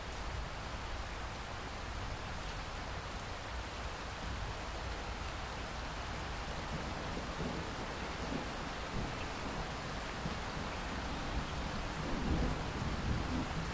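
Steady rain keeps falling after a thunderstorm, a dense, even hiss spread from low to bright with no thunder heard. The level holds nearly constant, with a slight swell in the low rumble and patter around twelve seconds.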